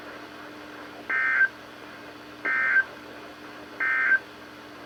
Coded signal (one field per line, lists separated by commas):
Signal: Emergency Alert System (SAME) tones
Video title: EAS #1129-#1135: To the Northeast | KHB36 & KEC83